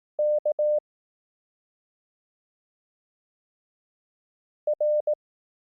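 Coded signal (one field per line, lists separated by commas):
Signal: Morse code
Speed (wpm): 18 wpm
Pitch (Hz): 600 Hz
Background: none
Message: K R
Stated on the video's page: Morse code course, lessons 1–3, using the Koch method at 18 wpm.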